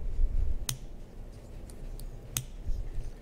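An abutment screw in a dental implant fixture is pushed down and unscrewed with a removal driver, giving two sharp clicks at 0.7 s and 2.4 s with fainter ticks around 1.7 s and 2.0 s. Each click marks the screw disengaging from the implant threads, and the screw is released.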